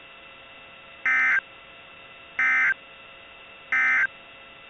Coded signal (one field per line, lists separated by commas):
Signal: Emergency Alert System (SAME) tones